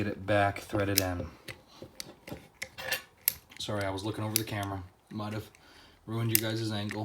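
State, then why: Not seated. During reassembly of a Ross 1905 MkII rifle bolt, the threaded, spring-loaded steel piece is turned back into the bolt with a crescent wrench, making short sharp clicks as it passes the detents while someone talks. Nothing has seated yet; the piece is not home by the end of the clip.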